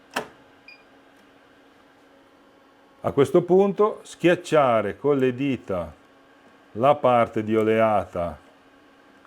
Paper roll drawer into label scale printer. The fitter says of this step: sulla base e spingerlo all'interno delicatamente, fin quando sentite clac.